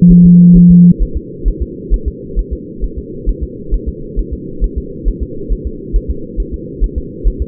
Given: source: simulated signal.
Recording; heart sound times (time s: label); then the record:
fetal heart sounds
0.12 s: S1
0.26 s: S2
0.57 s: S1
0.71 s: S2
1.02 s: S1
1.17 s: S2
1.48 s: S1
1.62 s: S2
1.94 s: S1
2.08 s: S2
2.39 s: S1
2.53 s: S2
2.84 s: S1
2.98 s: S2
3.29 s: S1
3.43 s: S2
3.74 s: S1
3.88 s: S2
4.19 s: S1
4.33 s: S2
4.64 s: S1
4.78 s: S2
5.08 s: S1
5.23 s: S2
5.52 s: S1
5.67 s: S2
5.96 s: S1
6.10 s: S2
6.40 s: S1
6.54 s: S2
6.84 s: S1
6.98 s: S2
7.27 s: S1
7.42 s: S2
From the record:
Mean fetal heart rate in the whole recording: 135 bpm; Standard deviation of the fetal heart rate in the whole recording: 3 bpm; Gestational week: 36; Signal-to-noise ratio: -4.3 dB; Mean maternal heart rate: 72 bpm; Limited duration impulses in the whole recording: present